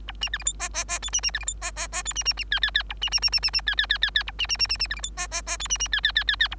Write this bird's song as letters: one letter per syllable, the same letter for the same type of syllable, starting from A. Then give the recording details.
A B C D E F F F G B B C D E F F F G B B B H H H A B B B B B B H H H H H A B B B B B C D E F F F G B B H H H H H A. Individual Bird3